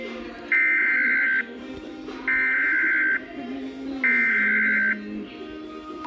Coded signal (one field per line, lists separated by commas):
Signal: Emergency Alert System (SAME) tones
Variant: header bursts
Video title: EAS #269 Severe Thunderstorm Warning